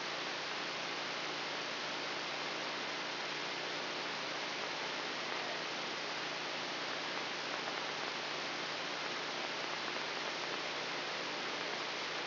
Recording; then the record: brain microelectrode recording played as sound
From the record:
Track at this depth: outside the subthalamic nucleus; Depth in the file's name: 5.505 mm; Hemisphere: left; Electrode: 3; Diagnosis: Parkinson's disease